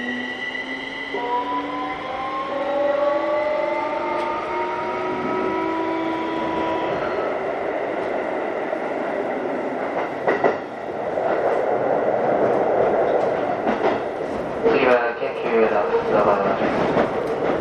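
A Keikyu N1000 series train running, with a steady rumble of wheels on track throughout. In the first eight seconds the motor whines in layered tones that slowly slide in pitch. Later the running noise grows rougher and louder, with sharp clacks near ten and fifteen seconds.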